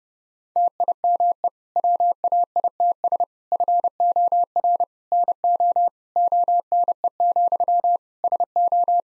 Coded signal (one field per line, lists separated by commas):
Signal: Morse code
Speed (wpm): 30 wpm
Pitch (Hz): 700 Hz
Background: none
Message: TIME WAITS FOR NO ONE, SO